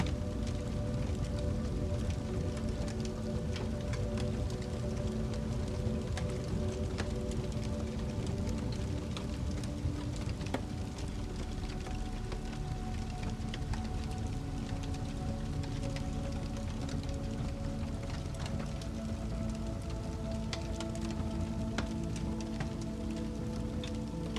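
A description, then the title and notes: Soft, slow music of long held low and middle tones plays steadily with no clear beat, the notes shifting gently every few seconds. A fireplace crackles throughout, with frequent small sharp pops and snaps scattered over a constant low rumble at an even loudness. Relaxing MUSIC Accompanied by Crackling FIRE. Enchanting relaxing music with the gentle crackling of a fireplace.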